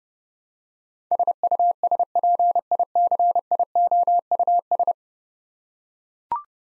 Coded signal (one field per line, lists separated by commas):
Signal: Morse code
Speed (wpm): 30 wpm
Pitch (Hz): 700 Hz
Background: none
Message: SUSPICIOUS